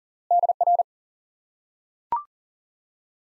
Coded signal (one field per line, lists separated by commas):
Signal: Morse code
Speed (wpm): 40 wpm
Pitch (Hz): 700 Hz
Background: none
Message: DR